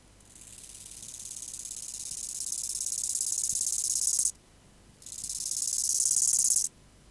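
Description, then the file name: Bow-winged grasshopper song: two hissing phrases of rapid pulses, each getting louder toward its end. The first runs about four seconds, the second about two. "Chorthippus biguttulus"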